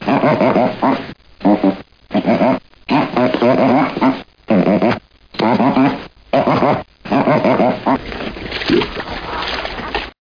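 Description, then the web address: Otter calls: loud, rasping, chattering squeals in repeated short bursts separated by short silences, with a quieter stretch at the end. "omnia 101. Lontra"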